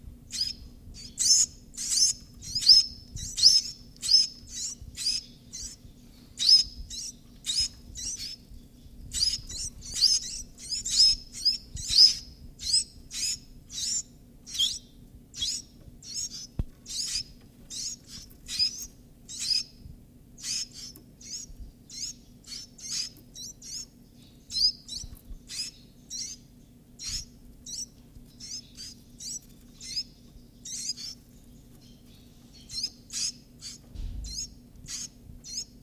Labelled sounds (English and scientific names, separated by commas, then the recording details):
Iberian Chiffchaff (Phylloscopus ibericus) call
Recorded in captivity
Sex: group
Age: juvenile
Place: Zoologisches Institut Universität Tübingen, Baden-Württemberg, DE
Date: 1964-06-16 17:00
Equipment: Nagra III PH, dynamisches Mikrophon, LGS26
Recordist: Schneider, Hans-Joachim